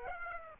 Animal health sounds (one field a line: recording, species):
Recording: mosquito wingbeat signal from an infrared sensor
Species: Aedes aegypti